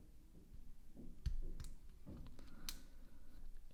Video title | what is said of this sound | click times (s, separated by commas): Casio G Shock GA-2100 Battery Replacement - How to replace the Battery on a Casioak G-Shock ga-2100 | you could hear that click so guys we place the watch strap back in so | 2.7 s